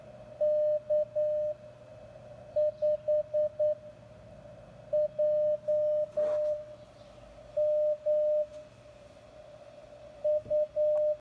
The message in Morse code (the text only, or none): K5JMU